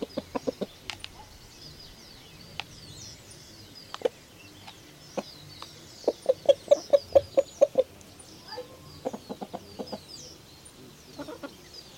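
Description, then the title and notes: Chicken clucking in short bursts, a fast run of sharp clucks mid-way and scattered single clucks, with thin high bird calls above. Several chickens recorded in Vereda Potrerito, eastern Antioquia, around midday. "Gallinas Vereda Potrerito. Vereda al oriente antioqueño potrerito, mas o menos 12 del dia"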